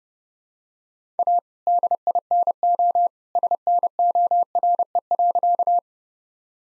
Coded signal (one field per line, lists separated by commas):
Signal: Morse code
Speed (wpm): 30 wpm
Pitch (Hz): 700 Hz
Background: none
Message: A DINO SNORE.